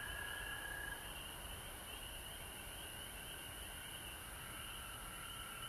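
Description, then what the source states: Frogs calling together in a continuous, even trilling hum, slightly stronger in the first second, with a faint high hiss behind it. Recorded at home in Georgia on March 19, 2020.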